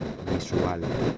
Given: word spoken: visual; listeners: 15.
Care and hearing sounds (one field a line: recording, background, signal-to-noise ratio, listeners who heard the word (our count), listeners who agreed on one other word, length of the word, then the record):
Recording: one Spanish word in noise, from a listening test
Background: noise modulated by three-talker babble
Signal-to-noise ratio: -3.4 dB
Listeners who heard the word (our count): 6 of 15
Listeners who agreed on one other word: 7 of 15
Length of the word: 0.78 s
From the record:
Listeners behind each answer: 7, 6, 1, 1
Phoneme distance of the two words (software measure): 27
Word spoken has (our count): 2 syllables, 6 phonemes, stress on syllable 2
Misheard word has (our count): 2 syllables, 7 phonemes, stress on syllable 2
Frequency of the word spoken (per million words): 24.32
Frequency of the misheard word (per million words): 10.78